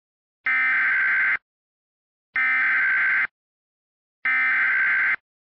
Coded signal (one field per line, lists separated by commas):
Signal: Emergency Alert System (SAME) tones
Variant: header bursts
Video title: EAS Scenario #11: Icy Trouble